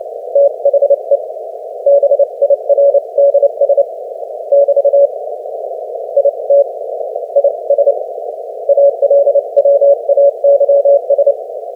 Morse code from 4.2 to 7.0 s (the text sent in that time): <BT> IT